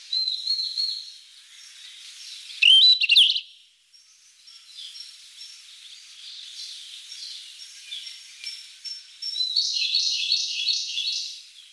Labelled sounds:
Yellow-rumped Flycatcher (Ficedula zanthopygia) song

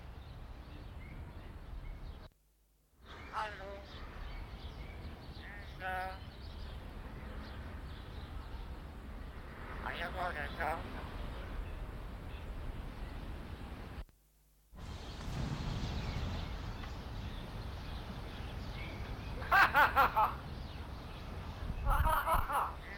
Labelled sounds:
Common Hill Myna (Gracula religiosa)

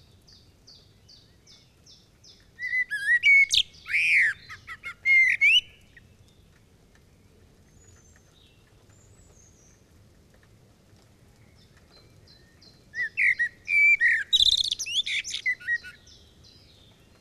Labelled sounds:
Common Blackbird (Turdus merula) song

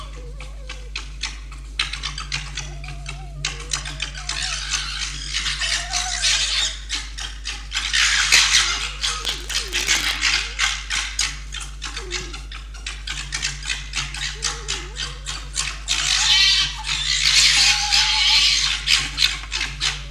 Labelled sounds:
Red Fox (Vulpes vulpes)

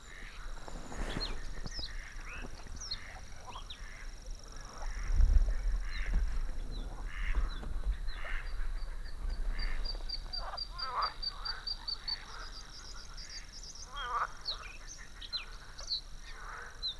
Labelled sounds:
Bluethroat (Luscinia svecica) song

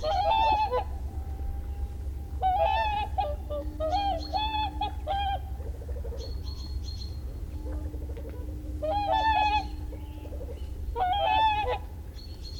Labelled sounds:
Whooper Swan (Cygnus cygnus) call

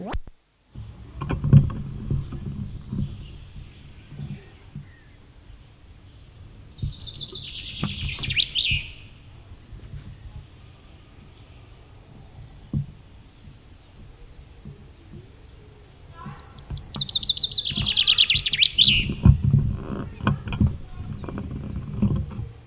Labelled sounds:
Common Chaffinch (Fringilla coelebs) song

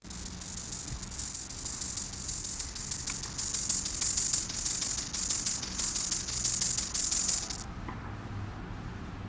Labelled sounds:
Bow-winged Grasshopper (Chorthippus biguttulus) stridulation

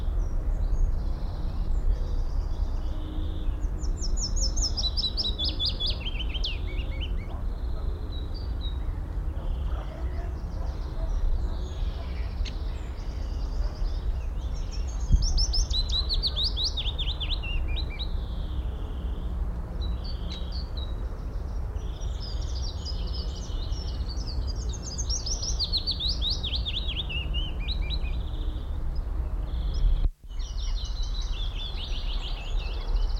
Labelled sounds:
Willow Warbler (Phylloscopus trochilus)

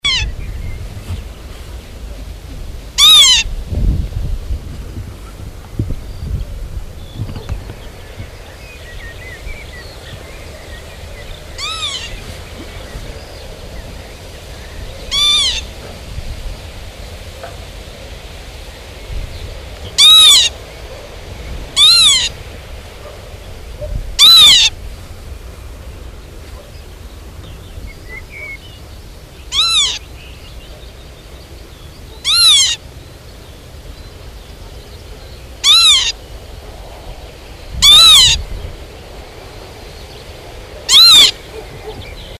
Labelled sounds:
Northern Lapwing (Vanellus vanellus) call

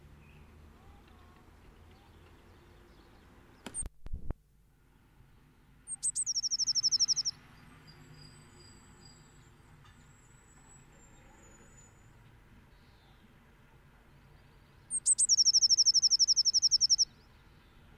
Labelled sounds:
Eurasian Blue Tit (Cyanistes caeruleus)

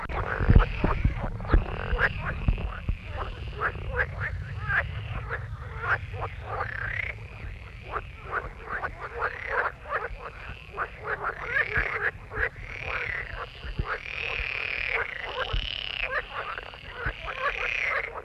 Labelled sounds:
Edible Frog (Pelophylax esculentus) call

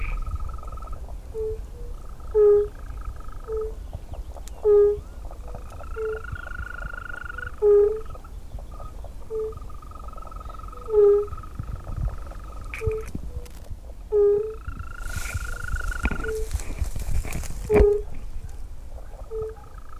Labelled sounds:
Fire-Bellied Toad (Bombina bombina) call

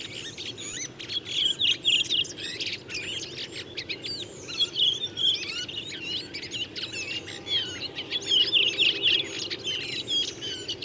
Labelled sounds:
Redwing (Turdus iliacus) song

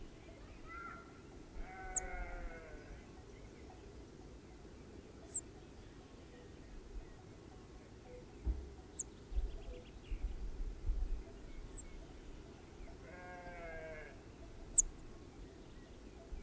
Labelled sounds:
Rock Bunting (Emberiza cia) call

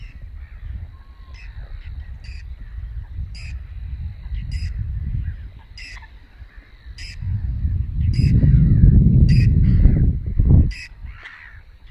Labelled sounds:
Whiskered Tern (Chlidonias hybrida) call

